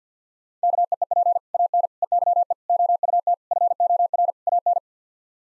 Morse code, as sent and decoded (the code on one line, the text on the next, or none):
-.- . . .--. / .- -. / . -.-- . / --- ..- - / ..-. --- .-. / .- -.
KEEP AN EYE OUT FOR AN